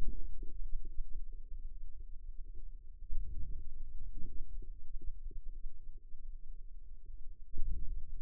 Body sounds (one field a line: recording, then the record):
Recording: forearm muscle sounds (acoustic myography)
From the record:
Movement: hand closing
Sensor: system 2, bracelet of six BSWA MPA416 microphones around the upper forearm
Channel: 1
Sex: female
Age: 23 years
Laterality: right